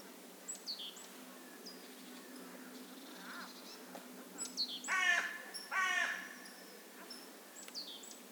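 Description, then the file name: Carrion crow giving two harsh, rasping caws about a second apart, with scattered thin chirps from small birds around them. "Corvus corone"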